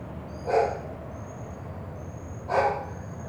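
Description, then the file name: Dog barking, two single barks about two seconds apart, with a cricket calling and a low background hum. Nighttime residential ambience in Goiânia; dog close by, with a cricket farther off. "Ambiencia residencial goiania noite cachorro mais perto com grilo e aviao longe"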